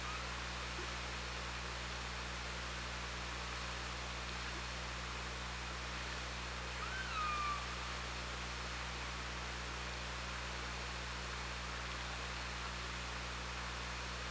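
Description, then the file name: Killer whale call: one faint descending tonal sweep lasting under a second, heard through steady hiss and low hum. OrcaLab hydrophone, 24 August 2017, 16:50. "Orca Lab UTLN JASON 20170824 165025"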